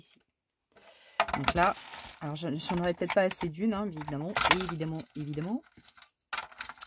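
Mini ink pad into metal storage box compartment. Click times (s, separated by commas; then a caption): 6.3 s. Someone talks while a small mini ink pad is pushed into its compartment in a metal storage box made for mini ink pads. A sharp click is heard at 6.3 s as the pad seats in place, and it fits in well with no problem.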